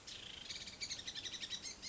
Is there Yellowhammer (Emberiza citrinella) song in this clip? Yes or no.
no